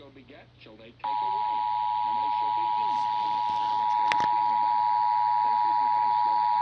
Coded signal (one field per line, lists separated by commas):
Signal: Emergency Alert System (SAME) tones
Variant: 853 and 960 Hz attention tone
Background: speech